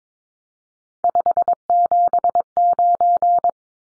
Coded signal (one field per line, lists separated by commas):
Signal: Morse code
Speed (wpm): 22 wpm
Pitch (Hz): 700 Hz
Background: none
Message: 579